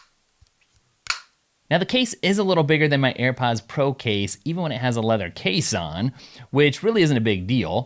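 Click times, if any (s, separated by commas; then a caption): 1.1 s. The hinged plastic lid of a Beats Studio Buds wireless earbud charging case is closed onto the case body, snapping shut with a sharp, satisfying click at 1.1 s after a faint tick at about 0.5 s. From about 1.7 s, someone talks.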